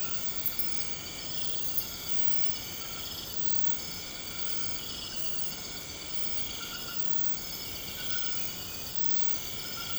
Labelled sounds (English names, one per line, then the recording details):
none
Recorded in pastures near Puerto Asís, Putumayo, Colombia, on 21 March 2025 at 00:00
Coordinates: 0.472, -76.329
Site G074